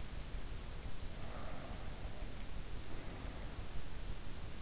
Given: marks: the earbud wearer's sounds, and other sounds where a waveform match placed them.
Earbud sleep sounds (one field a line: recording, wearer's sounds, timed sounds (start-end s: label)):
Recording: sounds in sleep by an in-ear microphone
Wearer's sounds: breath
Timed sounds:
0.95-3.29 s: breath